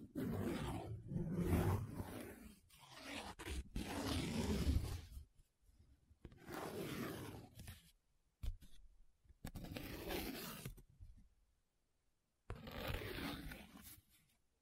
Different Paper Sounds Tracing, Scratching, Rubbing